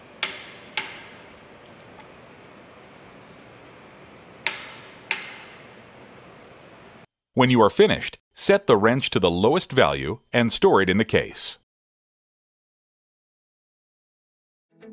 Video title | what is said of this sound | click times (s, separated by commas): Wind Turbine Torque Procedure | release pressure as soon as the wrench clicks | 0.2 s, 0.8 s, 4.5 s, 5.1 s